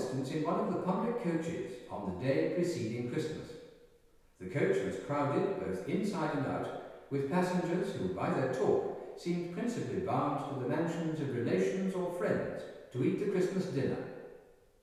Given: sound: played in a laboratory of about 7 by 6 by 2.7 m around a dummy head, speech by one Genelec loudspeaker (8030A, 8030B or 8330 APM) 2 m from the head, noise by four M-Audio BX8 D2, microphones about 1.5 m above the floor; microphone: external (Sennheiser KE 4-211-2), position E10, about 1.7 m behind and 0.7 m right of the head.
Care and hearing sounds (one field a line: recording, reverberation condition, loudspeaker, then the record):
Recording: male speech in English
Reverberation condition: high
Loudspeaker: 30 degrees to the left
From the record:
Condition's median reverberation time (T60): about 1300 ms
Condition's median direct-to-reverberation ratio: about -4.0 dB